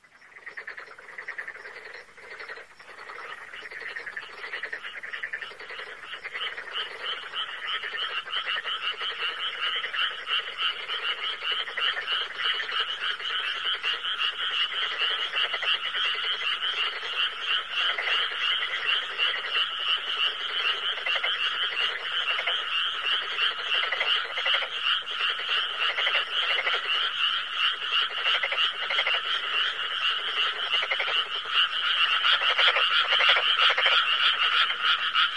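A dense chorus of frogs calls continuously, many voices overlapping into a rapid, pulsing rattle pitched in the mid range. The chorus starts quieter and builds steadily, growing louder toward the end, with no other sounds standing out.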